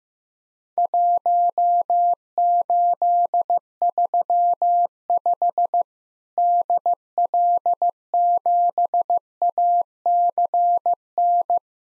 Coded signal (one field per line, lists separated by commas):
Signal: Morse code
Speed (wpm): 15 wpm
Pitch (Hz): 700 Hz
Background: none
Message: 1835 DL7ACN